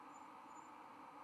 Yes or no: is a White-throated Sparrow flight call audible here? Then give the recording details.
no. No flight call is heard. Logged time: 00:04 on 24 November 2014